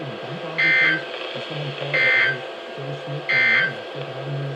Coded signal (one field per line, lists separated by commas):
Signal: Emergency Alert System (SAME) tones